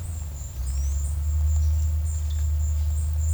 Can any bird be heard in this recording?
yes